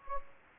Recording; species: mosquito wingbeat signal from an infrared sensor; Anopheles gambiae